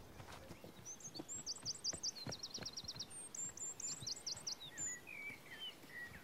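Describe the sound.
Robin song: thin, high, varied phrases of quick descending notes and dry rapid trills, delivered in short bursts with brief pauses, over faint background rustle.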